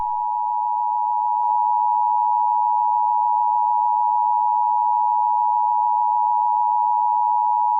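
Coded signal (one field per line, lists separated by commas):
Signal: Emergency Alert System (SAME) tones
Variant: 853 and 960 Hz attention tone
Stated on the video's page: Fictional EAS scenario; simulated alert tones, not a real broadcast.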